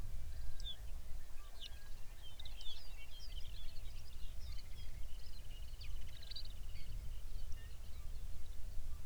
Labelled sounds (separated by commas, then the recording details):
songbird, grouse or ptarmigan, loon
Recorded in the Arctic National Wildlife Refuge, Alaska, on 23 May 2019 at 05:04
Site 49